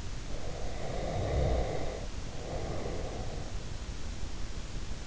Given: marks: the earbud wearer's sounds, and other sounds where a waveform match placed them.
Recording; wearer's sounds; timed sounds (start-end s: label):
sounds in sleep by an in-ear microphone; breath
0.43-3.81 s: breath